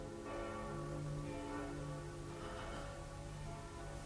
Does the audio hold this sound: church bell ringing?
yes